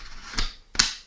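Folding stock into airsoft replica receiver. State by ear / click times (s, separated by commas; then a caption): seated / 0.8 s. A plastic folding stock on an H&K MP7 A1 airsoft replica by Umarex is folded into the receiver until it latches in the collapsed position. A softer knock at 0.4 s comes before a sharp, bright click at 0.8 s as the stock locks into place. A faint tick follows near the end.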